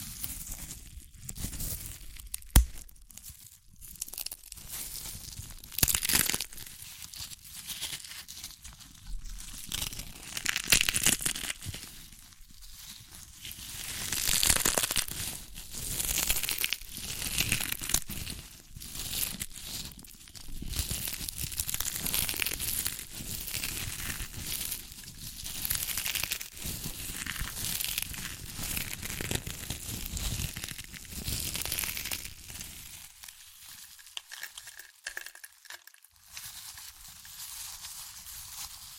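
Crunchy chips being crushed and eaten, with dense crinkling and crackling bursts nearly throughout. The crunches come in quick irregular clusters, bright and sharp, with brief quieter pauses between bites and a lull near the end around thirty-three seconds.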